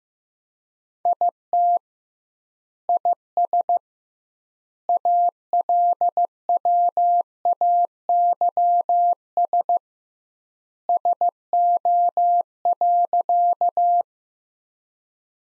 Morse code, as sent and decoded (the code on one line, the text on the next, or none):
.. - / .. ... / .- .-.. .-- .- -.-- ... / ... --- .-.-.-
IT IS ALWAYS SO.